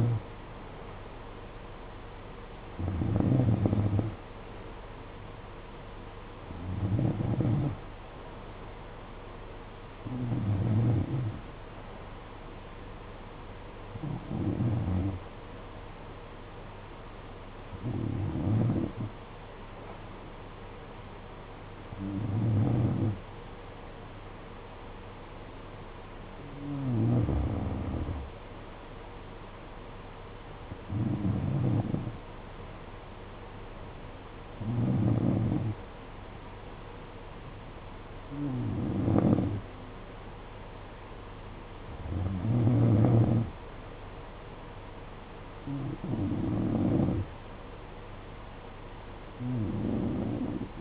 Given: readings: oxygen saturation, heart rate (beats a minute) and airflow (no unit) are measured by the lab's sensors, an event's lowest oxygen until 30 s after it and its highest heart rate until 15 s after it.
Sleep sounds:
breathing in sleep by a voice recorder at the bedside; none
31.00-50.81 s: new sleep stage, N2 (light sleep)
From the record:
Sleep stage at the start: N3 (deep sleep); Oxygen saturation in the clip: 91 to 93%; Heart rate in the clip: 55 to 61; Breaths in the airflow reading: 13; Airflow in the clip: -10.5 to 7.8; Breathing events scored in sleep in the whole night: 476 in 9.7 hours asleep

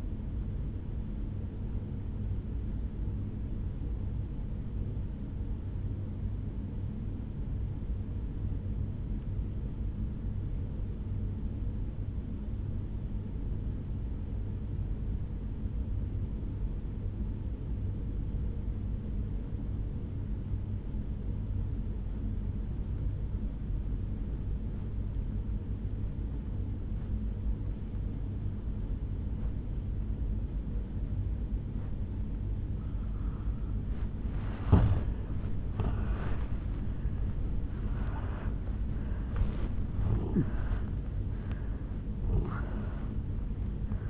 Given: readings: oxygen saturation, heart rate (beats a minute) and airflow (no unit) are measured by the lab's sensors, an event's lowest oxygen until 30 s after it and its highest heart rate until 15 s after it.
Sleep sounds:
breathing in sleep by a smartphone at the bedside; 1
3.00-33.90 s: obstructive apnea (N1, oxygen 97% highest, then 81% lowest, heart rate 63 at the start, 81 highest)
10.00-40.00 s: new sleep stage, N2 (light sleep)
40.00-44.10 s: new sleep stage, N1 (lightest sleep)
From the record:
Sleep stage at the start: N1 (lightest sleep); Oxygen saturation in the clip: 84 to 97%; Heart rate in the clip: 58 to 81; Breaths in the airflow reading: 4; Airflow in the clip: -10.3 to 9.0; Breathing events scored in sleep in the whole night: 449 in 7.0 hours asleep

